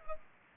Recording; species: mosquito wingbeat signal from an infrared sensor; Culex pipiens